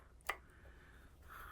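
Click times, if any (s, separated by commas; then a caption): none. A new LED light is handled at a motorcycle lamp housing before being pressed in. A faint tick comes at 0.2 s and a sharper, brief tick at 0.3 s, followed by low, steady background noise. Nothing has seated or clicked into place yet.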